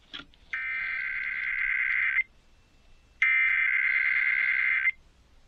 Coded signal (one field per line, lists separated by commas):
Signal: Emergency Alert System (SAME) tones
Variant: header bursts